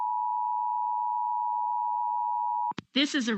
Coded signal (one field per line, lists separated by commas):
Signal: Emergency Alert System (SAME) tones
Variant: 853 and 960 Hz attention tone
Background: speech